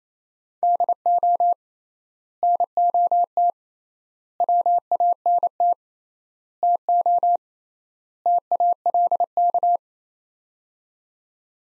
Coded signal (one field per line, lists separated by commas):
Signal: Morse code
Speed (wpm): 28 wpm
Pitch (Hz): 700 Hz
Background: none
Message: DO NOT WANT TO TALK